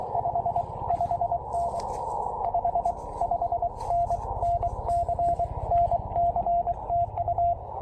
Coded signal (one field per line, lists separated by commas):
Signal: Morse code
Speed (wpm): 20 wpm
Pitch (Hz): 690 Hz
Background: radio noise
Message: 55N 55N NC NC TU